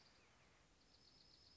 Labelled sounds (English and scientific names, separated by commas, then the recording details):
Dark-eyed Junco (Junco hyemalis)
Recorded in Sonoma County, California